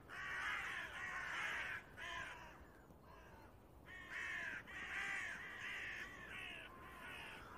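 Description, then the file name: Carrion crow giving hoarse, rasping caws in several bursts separated by short quiet gaps. "Corvus corone"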